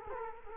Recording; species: mosquito wingbeat signal from an infrared sensor; Culex quinquefasciatus